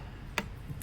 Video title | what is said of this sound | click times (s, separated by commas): Head Unit Replacement | like goes and clicks at the end. | 0.4 s